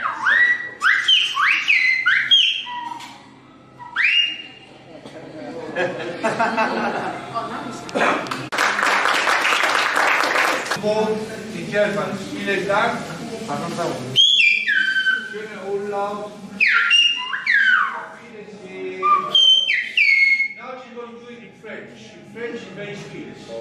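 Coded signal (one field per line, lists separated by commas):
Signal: whistled language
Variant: Silbo Gomero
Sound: sliding, rising and falling whistles, interrupted by a noisy crowd-like stretch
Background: room noise, voices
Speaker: The waitress whistled to ask her colleague to find the camera and return it to the owner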